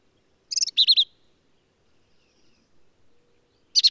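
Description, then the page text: Black-capped vireo singing two quick harsh, warbled phrases back to back, then a long silence before another abrupt phrase. Male, believed same individual throughout; endangered per U.S. Fish and Wildlife Service; phrases sung alone, truncated, embellished or run together, lively and emphatic; Kerr Wildlife Management Area, Hunt, Texas hill country. "Birdsong for the Curious Naturalist. Black-capped vireo"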